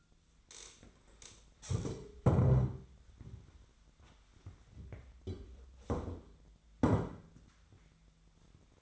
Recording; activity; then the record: daily activity, microphone in the room; stand up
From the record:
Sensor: 3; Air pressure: 1007.9 hPa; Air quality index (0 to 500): 191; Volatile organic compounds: 14 ppm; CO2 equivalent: 2457 ppm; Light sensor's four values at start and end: 12/29/12/12 and 12/29/12/12